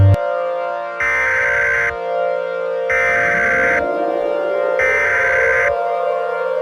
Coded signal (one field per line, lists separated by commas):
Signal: Emergency Alert System (SAME) tones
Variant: header bursts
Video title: EAS SCENARIO: Snowmen Invasion